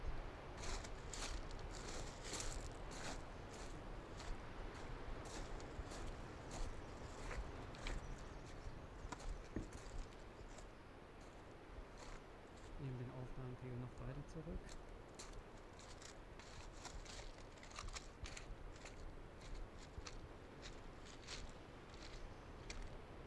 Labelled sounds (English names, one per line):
Arctic Fox